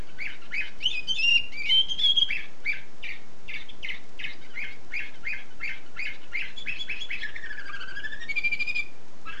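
Canary song of evenly repeated chirped notes, several per second, with whistled slurs and a falling phrase near the end.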